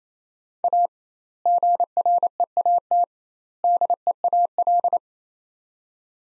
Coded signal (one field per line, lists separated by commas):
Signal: Morse code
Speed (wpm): 28 wpm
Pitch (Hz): 700 Hz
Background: none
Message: A GREAT DEAL